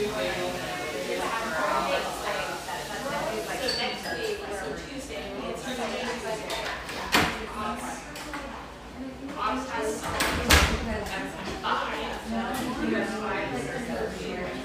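A humming café near the beach north of San Diego, with overlapping voices chattering steadily throughout at an even level. Sharp clinks and knocks cut through now and then, strongest around seven seconds and again near ten and a half seconds.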